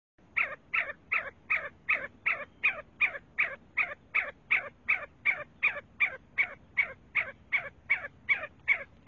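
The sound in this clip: See-see partridge delivering a long, steady run of sharp, downward-sliding whistled notes, roughly two or three each second, without pause.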